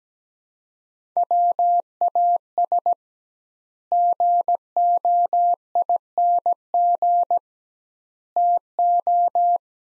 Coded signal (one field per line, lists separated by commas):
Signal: Morse code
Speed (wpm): 17 wpm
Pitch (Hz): 700 Hz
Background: none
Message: WAS GOING TO